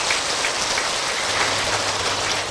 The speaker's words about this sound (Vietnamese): Thì xin quý vị chúng ta hãy cho một tràng pháo tay thật là lớn ạ.